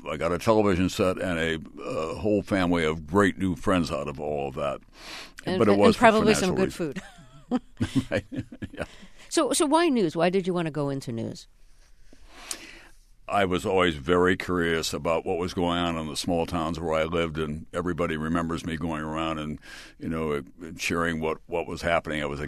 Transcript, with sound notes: I got a television set and a whole family of great, new friends out of all of that. But it was for...
And probably some good food (laughter).
(Laughter). Right, yeah.
So why news? Why did you want to go into news?
I was always very curious about what was going on in the small towns where I lived, and everybody remembers me going around and, you know, sharing what was happening.